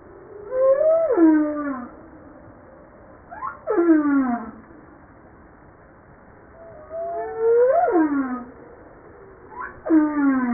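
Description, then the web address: Humpback whale song as a repeating phrase: a rising then plunging harmonic moan followed by a steep downsweep, the pattern heard twice across the stretch. Recorded 5 March 1994. "PMahe Voile'Ocean 940305 HUMPBACK"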